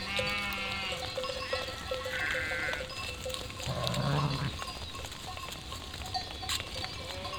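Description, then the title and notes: Sheep bleats, a few wavering calls over a steady noisy background. Flock of 467 sheep and lambs, freshly counted by the shepherd, moving and grazing grass and wild garlic in spring at Chindrieux, France; binaural recording with Fostex FR2 LE, recordist travelling by bicycle. "847 Rue de Vars, 73310 Chindrieux, France - Troupeau de moutons. En ce jour de printemps, au beau milieu d'un troupeau de 467 moutons et agneaux fraîchement comptés par le berger. Bêlements en chorale très spacialisée et en mouvement"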